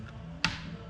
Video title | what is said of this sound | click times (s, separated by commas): Ski training - Split boards (NEW 22/23) | and they lock in nice and well | 0.5 s